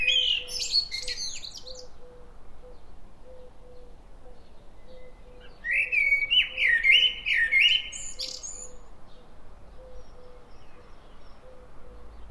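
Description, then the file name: Common blackbird song: the tail of one phrase, then a flowing whistled phrase breaking into high squeaky twitters, with a soft low repeated note throughout. "Turdus merula"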